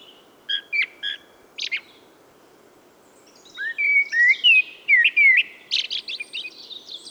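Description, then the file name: Common blackbird song: a few short clipped notes, then after a pause a run of fluty whistled phrases ending in thin, squeaky twittering. "Turdus merula"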